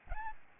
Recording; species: mosquito wingbeat signal from an infrared sensor; Aedes albopictus